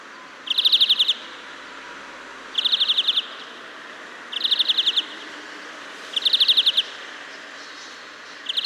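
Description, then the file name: European greenfinch giving short, rapid, ticking trills, each about half a second long and repeated roughly every two seconds, over a steady background hiss. "Chloris chloris"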